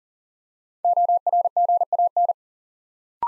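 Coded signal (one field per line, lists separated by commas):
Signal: Morse code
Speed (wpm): 40 wpm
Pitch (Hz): 700 Hz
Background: none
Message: ORGAN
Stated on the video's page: Morse code practice at 40 wpm, building 3- to 5-letter words one letter at a time for instant character recognition.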